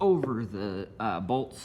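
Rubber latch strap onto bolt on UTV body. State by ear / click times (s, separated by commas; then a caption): not seated / none. Someone talks while a rubber latch strap on a Coleman Powersports UT400 UTV is pulled down over a bolt on the body. Only speech is heard; nothing has clicked or seated yet.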